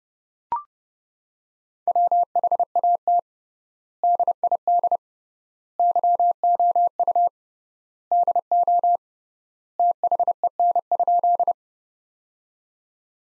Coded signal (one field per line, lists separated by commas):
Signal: Morse code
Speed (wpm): 30 wpm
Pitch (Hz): 700 Hz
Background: none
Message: WHAT DID YOU DO THEN?